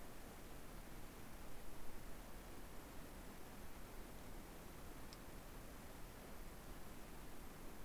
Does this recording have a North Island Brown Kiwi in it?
no